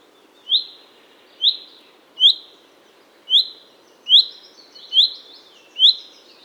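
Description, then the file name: Common chaffinch repeating clear, metallic 'pink' notes roughly once a second, with some faint twittering near the end, over steady low background noise. "Fringilla coelebs"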